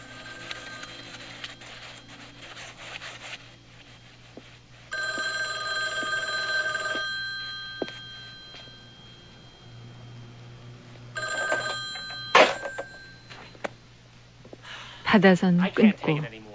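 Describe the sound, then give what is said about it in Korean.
A telephone rings in repeated bursts of bright, steady electronic tones with pauses between, left unanswered by Frankie, who has stopped taking any calls, while a low hum runs underneath and a few clattering knocks appear near the end. “그날 저녁부터 프랭키는 전화도 일체 받지 않습니다.”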